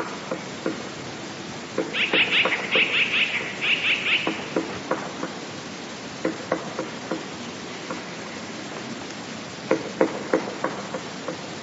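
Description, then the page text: Eurasian blue tit calls: a brief spell of rapid high chirps in three quick groups, followed by scattered dry clicks and tapping sounds. "Sikora modra, zwana też modraszką"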